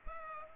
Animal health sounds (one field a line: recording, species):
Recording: mosquito wingbeat signal from an infrared sensor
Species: Culex pipiens